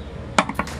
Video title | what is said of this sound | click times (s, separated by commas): Paano mag Palit ng Fuel Filter sa Honda Click 125 scooter mo DIY step by step procedure | Okay so tumunog na siya nag-lock na siya | 0.4 s